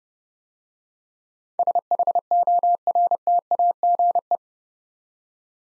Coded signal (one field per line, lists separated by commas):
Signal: Morse code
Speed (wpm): 30 wpm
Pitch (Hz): 700 Hz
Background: none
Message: SHORTAGE